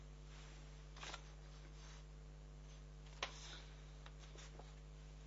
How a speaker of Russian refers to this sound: Переворачиваем страницу.